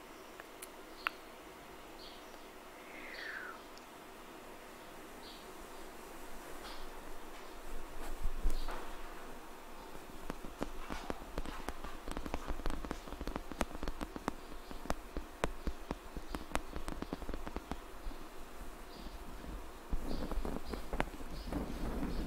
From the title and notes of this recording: ASMR Scratching & Tapping!